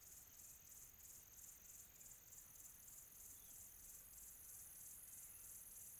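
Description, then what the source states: Cricket chirping with quick regular pulses, roughly three a second, a continuous high buzz. Quiet tropical atmosphere.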